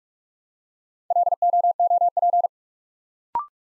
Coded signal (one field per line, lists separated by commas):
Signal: Morse code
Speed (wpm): 44 wpm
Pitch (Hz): 700 Hz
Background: none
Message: LOOP